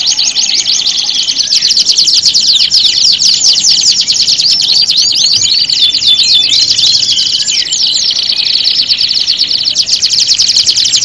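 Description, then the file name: Domestic canary song, a nonstop wall of fast trills, buzzy rolls and sweeping chirps. Audio simulating a standard canary singing contest. "audio-simulasi-lomba-kenari-standar 3-omkicau"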